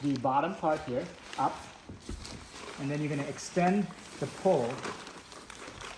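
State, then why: Seated. Someone talks while the bottom of a telescoping leg pole on an Ozark Trail 6 person instant dome tent frame is lifted and the pole extended. A short click at 5.5 s marks the sliding lock latch seating into place.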